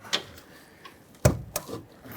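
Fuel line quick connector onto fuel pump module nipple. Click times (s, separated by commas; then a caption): 1.2 s, 1.6 s. A plastic quick-connect fuel line coupler with a window on each side is pushed onto the outlet nipple of the fuel pump module on a 1997–2006 Jeep Wrangler until its lock tabs engage. After a small tap near 0.1 s and faint handling noise, two sharp clicks ring out at 1.2 s and 1.6 s. The coupler is seated and locked onto the module.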